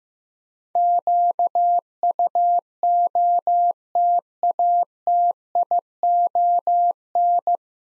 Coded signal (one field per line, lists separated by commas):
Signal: Morse code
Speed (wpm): 15 wpm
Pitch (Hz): 700 Hz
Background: none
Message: QUOTATION